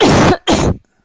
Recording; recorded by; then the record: voluntary cough; messaging app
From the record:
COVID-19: positive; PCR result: self-reported